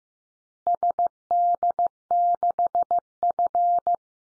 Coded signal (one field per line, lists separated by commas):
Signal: Morse code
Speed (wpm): 15 wpm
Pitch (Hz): 700 Hz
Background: none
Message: SD6F